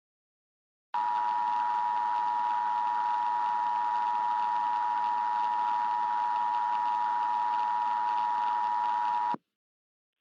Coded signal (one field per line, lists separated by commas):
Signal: Emergency Alert System (SAME) tones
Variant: 853 and 960 Hz attention tone